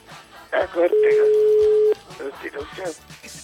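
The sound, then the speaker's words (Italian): A single steady electronic phone tone holds one mid pitch for about a second, loud and unwavering, with people talking just before and after it, as a call is placed to politician Marco Pannella's mobile phone. “Telefonino di Marco.”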